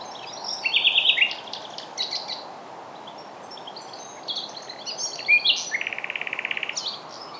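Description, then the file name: Common nightingale singing varied phrases: a buzzy rattling trill, sharp high notes, then a fast even run of repeated clicks near the end. "Luscinia megarhynchos"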